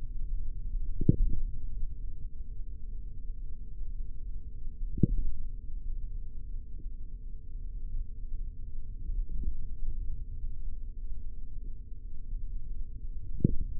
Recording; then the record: forearm muscle sounds (acoustic myography)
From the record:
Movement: finger pinch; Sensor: system 3, bracelet of six PUI Audio POM-2738L microphones around the upper forearm, with dedicated amplification and filtering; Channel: 3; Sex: male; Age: 43 years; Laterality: right